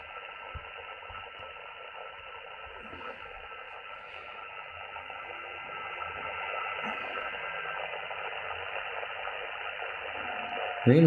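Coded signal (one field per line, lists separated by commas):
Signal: FT8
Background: speech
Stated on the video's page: Heard while testing a new Xiegu X6200 transceiver.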